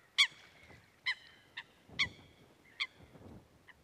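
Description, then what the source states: Eurasian coot uttering loud, abrupt honking notes, five strong calls and a faint last one, spaced irregularly with short gaps, faint low rustling between. Recorded at a bird lake in Parikkala, Finland.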